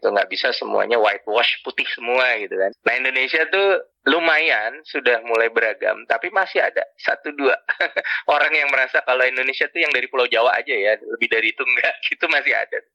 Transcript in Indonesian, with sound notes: Nggak bisa semuanya whitewash putih semua gitu kan. Nah Indonesia tuh lumayan sudah mulai beragam tapi masih ada satu dua [tertawa] orang yang merasa kalau Indonesia tuh yang dari Pulau Jawa aja ya, lebih dari itu enggak, itu masih ada.